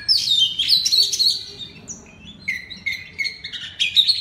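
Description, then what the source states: Oriental magpie-robin song: a fast jumble of bright whistles followed by clear repeated slurred notes, rising and falling. Loud 'ngeplong' song style of the kacer.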